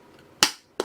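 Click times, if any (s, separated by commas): 0.4 s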